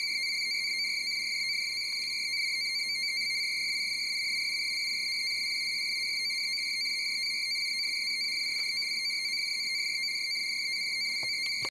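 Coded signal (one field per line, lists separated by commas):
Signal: NAVTEX (SITOR-B)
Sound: continuous fast warbling chirr of two close high tones, steady throughout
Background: faint hum, radio static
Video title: Decoding NAVTEX Weather Broadcasts on an Android Device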